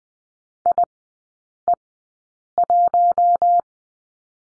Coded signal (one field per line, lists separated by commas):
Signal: Morse code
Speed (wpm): 20 wpm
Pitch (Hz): 700 Hz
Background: none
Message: IE1